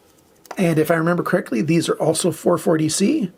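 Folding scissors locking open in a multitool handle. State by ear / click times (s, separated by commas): seated / 0.5 s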